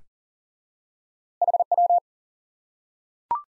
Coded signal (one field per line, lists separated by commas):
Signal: Morse code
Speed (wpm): 40 wpm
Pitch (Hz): 700 Hz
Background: none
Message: HW